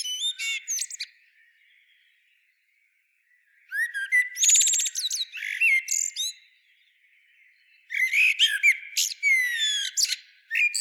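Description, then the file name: Common blackbird giving bursts of high, squeaky twittering phrases with rapid slurred notes, separated by short silent pauses of one to three seconds. "Turdus merula"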